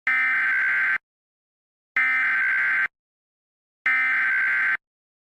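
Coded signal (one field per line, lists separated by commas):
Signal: Emergency Alert System (SAME) tones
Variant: header bursts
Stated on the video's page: Fictional short EAS scenario about Earth colliding with the Sun.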